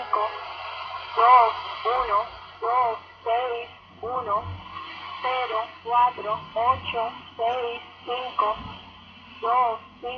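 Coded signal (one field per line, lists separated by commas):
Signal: numbers station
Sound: a voice reading about fourteen short, evenly spaced words over shortwave hiss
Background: radio static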